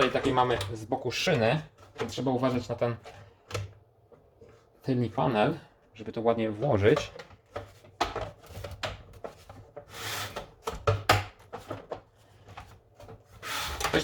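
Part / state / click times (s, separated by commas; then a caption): rear panel of UPS casing on side rails / not seated / none. After a battery swap, the plastic rear panel of a Volt Polska MicroUPS 600 UPS case is slid along its side rails and pushed to close it while someone talks. It knocks and rubs, with sharp knocks around 8.0, 8.8, 10.9 and 11.1 seconds. It does not snap in because something is in the way, so nothing has latched.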